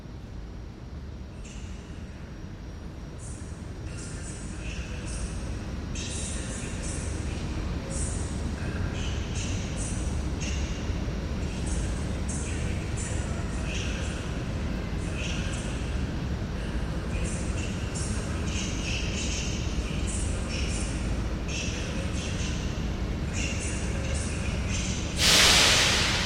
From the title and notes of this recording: Wroclaw train station ambience. The recording includes sounds from train station platforms - announcements of approaching and arriving trains and sounds of standing and passing trains. You can hear a lot of word "pociag" there - it means "train" in Polish. The recording was made with a Free Space Pro II binaural microphone (3DIO Sound). Recorded by Artur Olejarczyk.